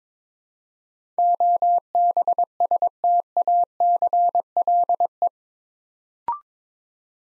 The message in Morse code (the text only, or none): OBSTACLE